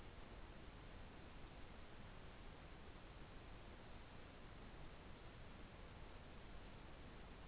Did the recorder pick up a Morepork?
no